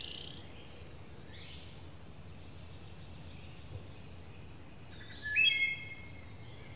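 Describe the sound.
Bird calls, a few brief high chirps and short whistled notes near the end over a steady high hiss and low background rumble.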